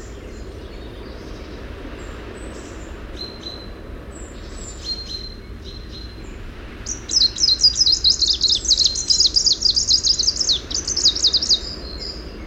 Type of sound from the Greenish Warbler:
song